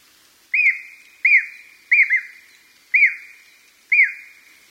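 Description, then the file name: Japanese green woodpecker calling with clear whistled notes that rise then drop, repeated about once a second, one note doubled. "aogera"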